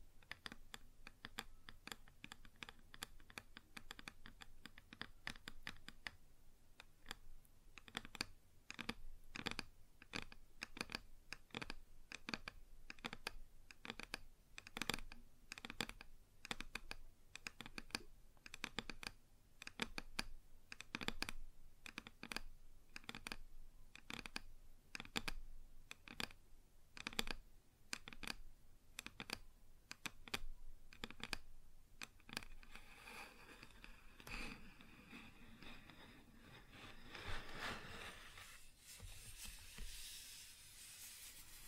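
Fingers tap on a wood surface in quick, irregular runs of sharp clicks, dense and typing-like for most of the stretch. Near the end the tapping thins out and gives way to a rougher, hissing scratching sound that grows brighter before the clip ends.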